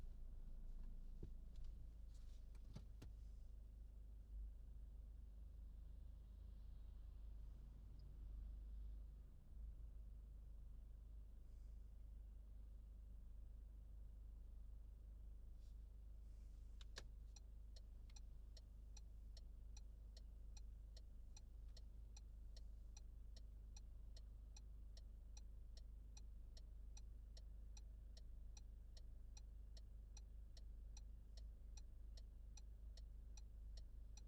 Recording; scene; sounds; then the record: everyday scene through a hearing-aid microphone; in a vehicle; engine idling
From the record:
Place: Berlingo II, diesel engine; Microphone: in the ear canal, left